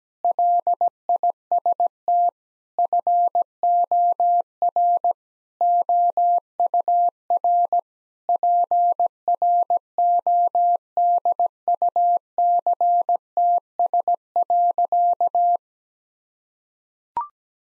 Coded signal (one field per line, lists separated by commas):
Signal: Morse code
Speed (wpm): 17 wpm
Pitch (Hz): 700 Hz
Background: none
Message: LIST FOR OUR PRODUCTS.